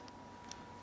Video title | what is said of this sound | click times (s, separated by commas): Nokia X7 Disassembly & Assembly - Battery, Screen & Case Replacement | push that down until it clicks into place, so it should look nice and flat | 0.5 s